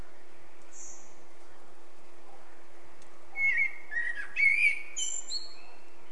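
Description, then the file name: Eurasian blackbird singing a rich, fluty warbled phrase with higher twittering notes, preceded by a faint high squeak, over a low steady hum. "Turdus merula"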